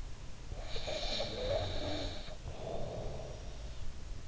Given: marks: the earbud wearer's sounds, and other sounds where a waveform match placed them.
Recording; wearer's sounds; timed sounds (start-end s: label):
sounds in sleep by an in-ear microphone; snoring breath
0.40-3.91 s: snoring breath